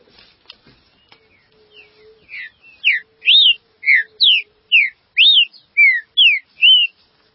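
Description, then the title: Green-winged saltator song building from faint notes into a run of loud whistled phrases, each slurred up or down, repeated rapidly over several seconds. "Trinca Ferro"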